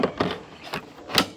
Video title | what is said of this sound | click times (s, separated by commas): BougeRv 43 qt CRD2 V2.0 unboxing and real life use and review / great portable fridge @BougeRV | Make sure it's inserted as you hear that click. | 1.2 s